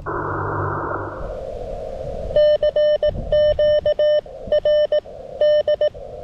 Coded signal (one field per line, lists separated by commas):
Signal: Morse code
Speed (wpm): 18 wpm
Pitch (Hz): 1800 Hz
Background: none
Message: CQR D